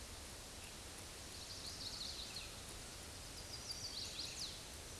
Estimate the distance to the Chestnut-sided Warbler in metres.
about 60 m